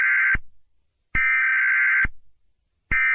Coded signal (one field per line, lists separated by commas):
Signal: Emergency Alert System (SAME) tones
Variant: header bursts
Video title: Sri Lanka eas alarm 2004 🇱🇰